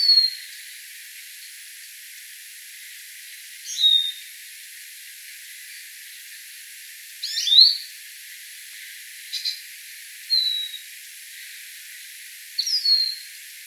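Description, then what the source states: Lesser goldfinch flight calls: about six thin, high 'seeer' notes spaced irregularly a few seconds apart against a constant background hiss. Nocturnal flight call of the 'seeer' note type.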